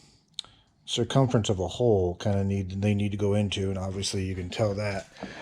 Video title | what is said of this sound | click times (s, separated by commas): 2012 hemi 1500 project X (Candy Apple) Part 15-2. New seat covers, heat elements, vent testing. | didn't quite cut it big enough and it kind of pulled the material a little bit when it snapped in place which is why you kind of see some creasing in | 0.4 s